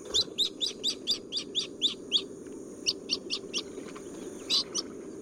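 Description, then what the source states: Jacana calls, a rapid chattering run of high, sharp notes, then a few scattered notes, over a steady low rumble of background noise. Also called lily trotters; females compete for territories holding several smaller males, and males do all the childcare.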